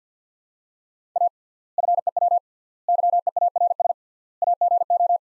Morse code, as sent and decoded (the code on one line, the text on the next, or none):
.- / ..-. . .-- / -.-- . .- .-. ... / .- --. ---
A FEW YEARS AGO